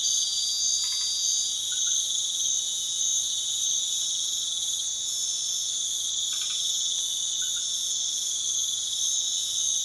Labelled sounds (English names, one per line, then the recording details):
none
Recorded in pastures near Puerto Asís, Putumayo, Colombia, on 24 March 2025 at 23:00
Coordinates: 0.487, -76.322
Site G077